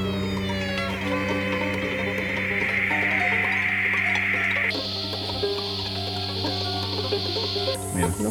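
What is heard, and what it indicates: A narrow band of steady hissing noise jumps upward in pitch in three steps, from mid-high to very high, over a constant low mains hum. These are audiometer test sounds raised stepwise to match the pitch of a patient's hissing tinnitus; the patient finds the match higher, then higher still.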